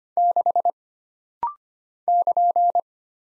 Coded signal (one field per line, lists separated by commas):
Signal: Morse code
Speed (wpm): 25 wpm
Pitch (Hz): 700 Hz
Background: none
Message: 6 <KN>